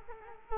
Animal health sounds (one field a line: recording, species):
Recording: mosquito wingbeat signal from an infrared sensor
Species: Culex quinquefasciatus